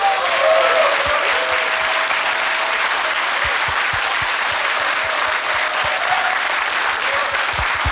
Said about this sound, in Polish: Wielkie brawa.